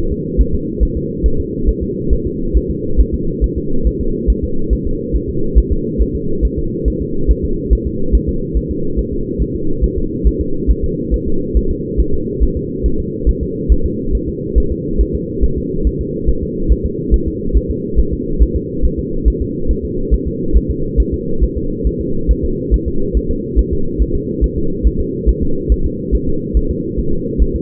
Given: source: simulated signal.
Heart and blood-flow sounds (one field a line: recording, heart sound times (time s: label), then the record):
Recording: fetal heart sounds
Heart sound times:
0.12 s: S2
0.41 s: S1
0.55 s: S2
0.83 s: S1
0.97 s: S2
1.26 s: S1
1.40 s: S2
1.69 s: S1
1.83 s: S2
2.13 s: S1
2.27 s: S2
2.57 s: S1
2.71 s: S2
3.00 s: S1
3.14 s: S2
3.44 s: S1
3.58 s: S2
3.87 s: S1
4.01 s: S2
4.30 s: S1
4.44 s: S2
4.73 s: S1
4.87 s: S2
5.16 s: S1
5.29 s: S2
5.58 s: S1
5.72 s: S2
6.02 s: S1
6.15 s: S2
6.45 s: S1
6.59 s: S2
6.88 s: S1
7.02 s: S2
7.31 s: S1
7.44 s: S2
7.73 s: S1
7.87 s: S2
8.15 s: S1
8.29 s: S2
8.57 s: S1
8.71 s: S2
8.99 s: S1
9.13 s: S2
9.42 s: S1
9.55 s: S2
9.84 s: S1
9.98 s: S2
10.27 s: S1
10.41 s: S2
10.71 s: S1
10.84 s: S2
11.14 s: S1
11.28 s: S2
11.57 s: S1
11.71 s: S2
12.00 s: S1
12.14 s: S2
12.43 s: S1
12.57 s: S2
12.86 s: S1
13.00 s: S2
13.29 s: S1
13.43 s: S2
13.72 s: S1
13.86 s: S2
14.15 s: S1
14.29 s: S2
14.58 s: S1
14.72 s: S2
15.01 s: S1
15.15 s: S2
15.44 s: S1
15.58 s: S2
15.87 s: S1
16.01 s: S2
16.29 s: S1
16.43 s: S2
16.72 s: S1
16.85 s: S2
17.14 s: S1
17.28 s: S2
17.57 s: S1
17.71 s: S2
18.00 s: S1
18.13 s: S2
18.42 s: S1
18.56 s: S2
18.85 s: S1
18.99 s: S2
19.28 s: S1
19.42 s: S2
19.71 s: S1
19.85 s: S2
20.14 s: S1
20.27 s: S2
20.57 s: S1
20.70 s: S2
21.00 s: S1
21.14 s: S2
21.44 s: S1
21.57 s: S2
21.87 s: S1
22.01 s: S2
22.31 s: S1
22.45 s: S2
22.74 s: S1
22.88 s: S2
23.17 s: S1
23.31 s: S2
23.59 s: S1
23.73 s: S2
24.02 s: S1
24.16 s: S2
24.44 s: S1
24.58 s: S2
24.87 s: S1
25.00 s: S2
25.29 s: S1
25.43 s: S2
25.72 s: S1
25.86 s: S2
26.15 s: S1
26.28 s: S2
26.57 s: S1
26.71 s: S2
27.00 s: S1
27.13 s: S2
27.42 s: S1
27.56 s: S2
From the record:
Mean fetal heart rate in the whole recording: 140 bpm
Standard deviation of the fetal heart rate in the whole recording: 2 bpm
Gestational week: 34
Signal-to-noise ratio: -8.1 dB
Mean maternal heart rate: 72 bpm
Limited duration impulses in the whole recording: absent